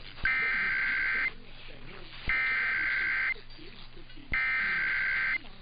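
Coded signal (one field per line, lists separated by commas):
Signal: Emergency Alert System (SAME) tones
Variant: header bursts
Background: speech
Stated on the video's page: EAS required weekly and monthly tests.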